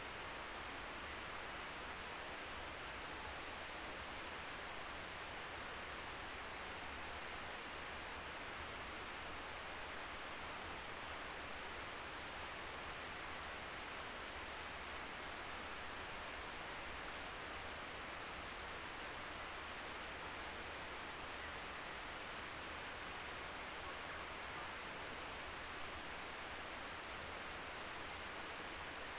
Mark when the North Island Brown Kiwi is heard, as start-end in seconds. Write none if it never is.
none